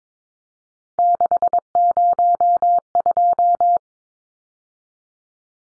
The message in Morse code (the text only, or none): 602